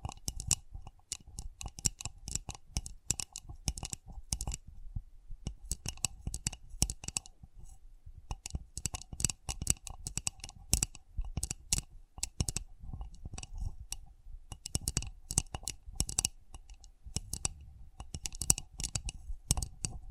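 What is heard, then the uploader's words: Sensitive tapping runs through the whole stretch as rapid, dense clicks and taps, some crisp and bright, others with a soft low thud. The pace is irregular, with brief lulls near five and eight seconds, and a faint steady tone hovers underneath. Sensitive Tapping.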